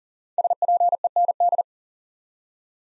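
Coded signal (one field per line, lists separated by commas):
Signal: Morse code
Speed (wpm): 40 wpm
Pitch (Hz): 700 Hz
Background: none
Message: SPEND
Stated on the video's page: Morse practice sending five-letter words one letter at a time at 40 wpm, for instant character recognition training.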